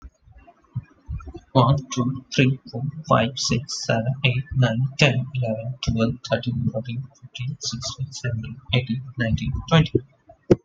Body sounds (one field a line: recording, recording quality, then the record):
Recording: counting at a fast pace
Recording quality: excellent, no background noise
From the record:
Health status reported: exposed to COVID-19, no respiratory illness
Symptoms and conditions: fever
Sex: male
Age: 25 years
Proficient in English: yes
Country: India